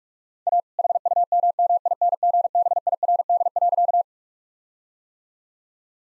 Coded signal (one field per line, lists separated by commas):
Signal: Morse code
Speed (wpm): 42 wpm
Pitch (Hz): 700 Hz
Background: none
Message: A HUMMINGBIRD.